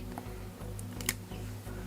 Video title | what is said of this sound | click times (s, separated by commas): HOW TO REPLACE A/C CLUTCH. Most Cars | Yep, you can hear it snap in the canal. | 1.1 s